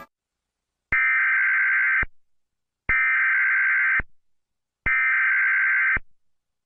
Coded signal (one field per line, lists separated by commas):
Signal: Emergency Alert System (SAME) tones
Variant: header bursts